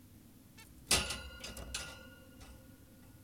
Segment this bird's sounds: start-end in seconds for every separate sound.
0.58-0.65